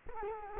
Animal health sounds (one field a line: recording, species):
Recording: mosquito wingbeat signal from an infrared sensor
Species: Culex quinquefasciatus